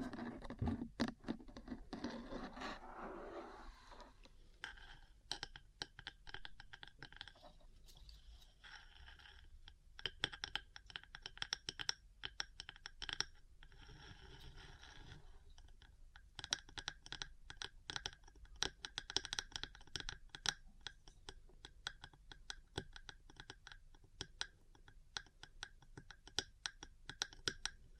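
Metal parts tapping and scratching in quick, irregular clusters of small clicks, like busy typing. The first few seconds carry a lower, rubbing scrape; afterward the taps run dense and bright throughout, with brief quieter gaps around five and fifteen seconds.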